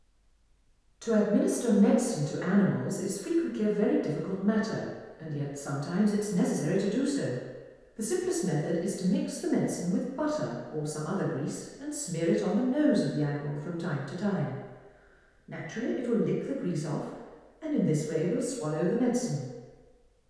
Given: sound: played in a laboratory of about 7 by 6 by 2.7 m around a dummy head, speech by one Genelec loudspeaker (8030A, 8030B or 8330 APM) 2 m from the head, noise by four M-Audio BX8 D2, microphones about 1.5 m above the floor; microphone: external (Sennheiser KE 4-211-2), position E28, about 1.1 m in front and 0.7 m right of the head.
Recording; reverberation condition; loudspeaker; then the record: female speech in English; high; 120 degrees to the right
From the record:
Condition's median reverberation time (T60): about 1300 ms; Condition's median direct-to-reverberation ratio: about -4.0 dB